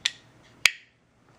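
An older-generation Strider folding knife is opened, and its steel lock bar drives in hard behind the blade. Two sharp, loud thunks land at 0.1 s and 0.7 s, the second louder with a brief bright ring. The lock bar is seated with the big, famous "thk" sound of older models.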